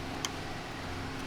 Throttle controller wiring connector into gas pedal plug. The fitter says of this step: Push down till you hear it click.